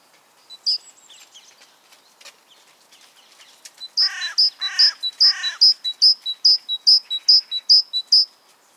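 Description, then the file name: Great tit giving rapid repeated two-note phrases, with a few harsh descending notes overlapping the first of them. "Parus major"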